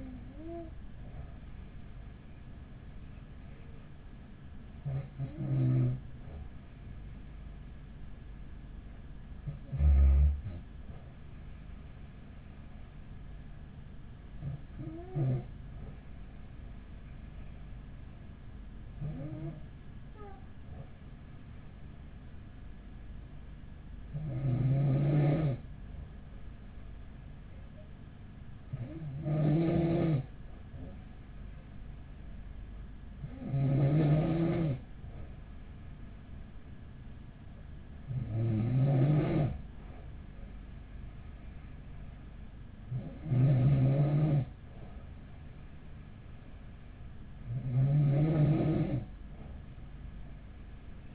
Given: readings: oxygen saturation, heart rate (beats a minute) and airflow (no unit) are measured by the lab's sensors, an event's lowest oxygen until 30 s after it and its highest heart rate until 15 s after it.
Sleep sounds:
breathing in sleep by a smartphone at the bedside; none
none scored
From the record:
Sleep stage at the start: N2 (light sleep); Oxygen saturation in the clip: 95%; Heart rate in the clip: 42 to 45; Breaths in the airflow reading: 11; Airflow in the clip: -5.5 to 6.8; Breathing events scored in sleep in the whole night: 207 in 7.6 hours asleep

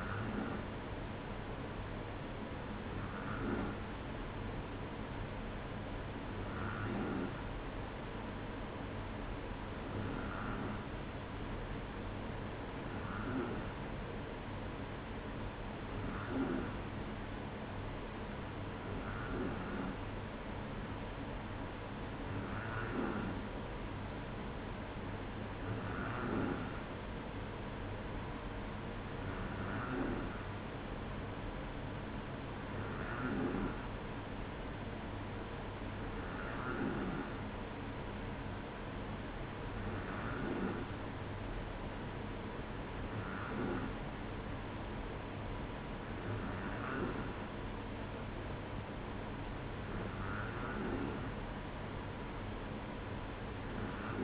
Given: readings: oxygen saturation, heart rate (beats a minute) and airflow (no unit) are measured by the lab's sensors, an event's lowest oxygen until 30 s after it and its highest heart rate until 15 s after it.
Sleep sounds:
breathing in sleep by a voice recorder at the bedside; none
none scored
From the record:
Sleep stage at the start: N2 (light sleep); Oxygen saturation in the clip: 94%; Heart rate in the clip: 55 to 57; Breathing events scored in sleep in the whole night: 305 in 9.6 hours asleep

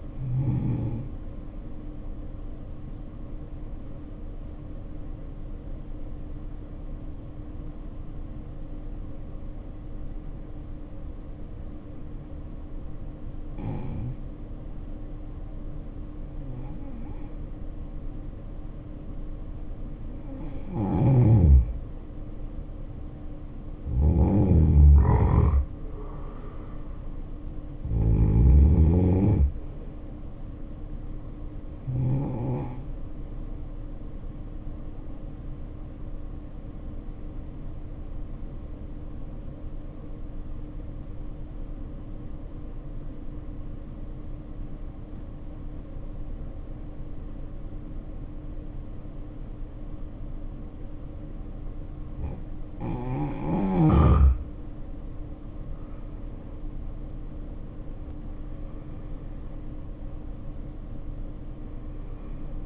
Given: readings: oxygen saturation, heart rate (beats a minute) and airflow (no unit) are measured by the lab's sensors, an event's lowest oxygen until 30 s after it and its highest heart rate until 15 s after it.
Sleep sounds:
breathing in sleep by a smartphone at the bedside; 2
4.00-18.30 s: hypopnea (N2, oxygen 96% highest, then 83% lowest, heart rate 55 at the start, 69 highest)
23.00-62.66 s: new sleep stage, N1 (lightest sleep)
40.00-53.10 s: obstructive apnea (N1, oxygen 93% highest, then 75% lowest, heart rate 58 at the start, 73 highest)
From the record:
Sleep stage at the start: N2 (light sleep); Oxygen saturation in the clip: 76 to 96%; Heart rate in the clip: 53 to 73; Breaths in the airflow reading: 11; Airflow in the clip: -8.0 to 7.3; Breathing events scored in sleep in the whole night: 520 in 7.2 hours asleep

